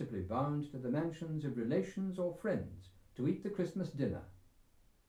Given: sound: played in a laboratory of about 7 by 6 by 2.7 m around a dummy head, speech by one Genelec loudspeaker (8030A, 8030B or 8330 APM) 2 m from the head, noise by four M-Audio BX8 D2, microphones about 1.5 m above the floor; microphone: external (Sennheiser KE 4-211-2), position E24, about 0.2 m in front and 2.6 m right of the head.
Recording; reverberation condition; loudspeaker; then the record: male speech in English; low; 120 degrees to the right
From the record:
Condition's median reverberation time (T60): about 310 ms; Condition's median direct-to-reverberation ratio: about 3.5 dB